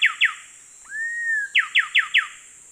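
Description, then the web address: Coraya wren duet: loud, sharply falling whistled notes, two, then one long steady whistle, then four more quick descending notes, over a constant high hum. Duet and call, recorded in the eastern lowlands of South America. "Natures Songs S America Eastern Lowlands 483-01 Pheugopedius coraya, duet and call"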